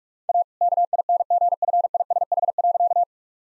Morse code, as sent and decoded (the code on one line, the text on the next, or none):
.- / -.- .. -. --. ..-. .. ... .... .-.-.-
A KINGFISH.